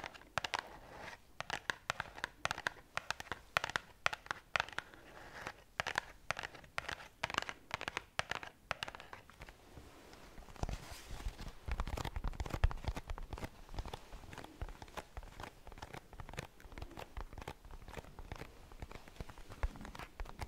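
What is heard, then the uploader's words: Crisp tapping, with quick sharp taps coming in uneven clusters through the first half. Around the ten-second mark the sound turns rougher and fuller, a dense crinkling rustle with scattered taps that carries on to the end. ASMR Slow Tapping. In dieser Folge tappe ich auf mehr als 10 unterschiedlichen Gegenständen.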